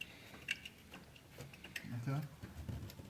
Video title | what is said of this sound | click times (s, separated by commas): Audi A4 Spark Plug & Ignition Coil Replacement | And you want to make sure you hear them snap in that place. | 0.5 s, 1.8 s